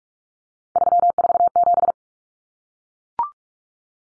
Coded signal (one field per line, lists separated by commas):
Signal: Morse code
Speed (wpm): 44 wpm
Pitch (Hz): 700 Hz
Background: none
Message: 347